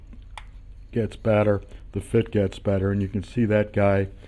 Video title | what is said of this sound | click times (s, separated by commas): IS2 Conversion Hull Bits and texture Part 2.4 | He just pops right in there. That's a nice fit. | 0.4 s